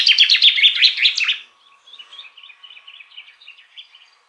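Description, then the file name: Common chaffinch song: a bright, fast descending trill of sweet notes ending in a quick flourish, followed by softer scattered high chirps. "Fringilla coelebs"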